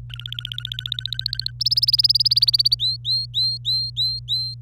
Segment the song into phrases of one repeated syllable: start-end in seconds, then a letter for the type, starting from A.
0.10-1.51 A, 1.60-2.75 B, 2.79-4.54 C